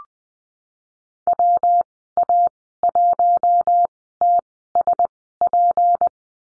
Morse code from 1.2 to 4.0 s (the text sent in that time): W A 1